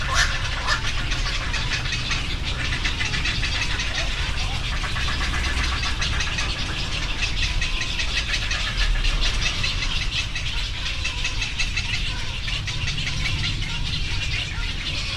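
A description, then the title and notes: Egret and heron chicks clamor in the trees, a dense, steady chatter of rapid calls layered over a constant low rumble. Several species of egret and heron chicks in trees at Ten Shrine in Moriyama City, Shiga Prefecture, Japan. Recorded on a Sunday afternoon with a Sony PCM-M10 recorder and omnidirectional mics attached to a backpack. Young Egrets and Herons at Ten Shrine.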